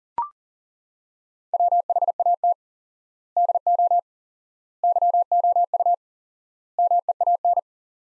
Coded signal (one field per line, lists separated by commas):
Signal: Morse code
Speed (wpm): 40 wpm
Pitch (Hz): 700 Hz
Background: none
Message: WHAT DO YOU MEAN